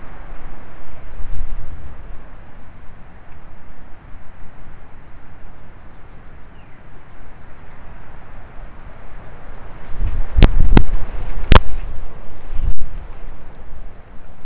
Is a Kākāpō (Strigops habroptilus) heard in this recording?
no